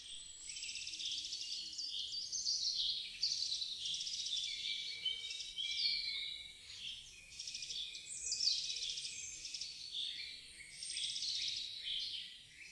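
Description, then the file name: Eurasian wren song, faint and high, with repeated rapid trills and tumbling notes over a hiss of background noise, several phrases across twelve seconds. "Strzyzyk"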